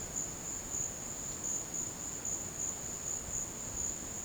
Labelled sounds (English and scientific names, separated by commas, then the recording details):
none
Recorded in dense forest near Puerto Asís, Putumayo, Colombia, on 12 March 2025 at 14:30
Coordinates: 0.486, -76.317
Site G053